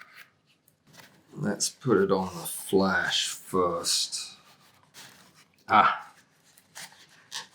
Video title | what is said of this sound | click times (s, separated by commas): DIY Fiber Optic Flash - for macro photography | it just clicked into place | 6.8 s